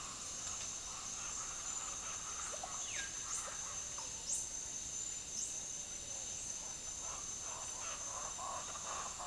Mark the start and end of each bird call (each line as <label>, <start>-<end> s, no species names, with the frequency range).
bird call (0.3-3.8 kHz), 2.30-4.09 s
bird call (0.6-3.0 kHz), 6.69-9.27 s